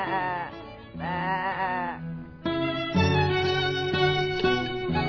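A sheep gives two quavering, nasal bleats in the opening seconds, then steady tonal music enters and carries on with more bleating mixed in.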